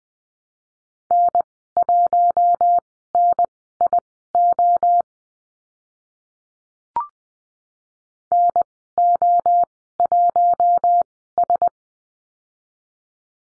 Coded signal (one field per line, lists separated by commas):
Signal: Morse code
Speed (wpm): 19 wpm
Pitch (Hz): 700 Hz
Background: none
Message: N1NIO NO1S